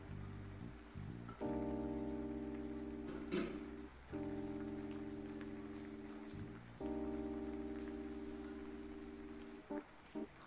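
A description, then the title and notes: Rain patters softly throughout, with light drips ticking at the top. A steady low hum sounds in three long stretches, breaking briefly near four and six and a half seconds, and a short clink cuts through around three seconds. Rainy tea time ambience. Kitchen. Light rain.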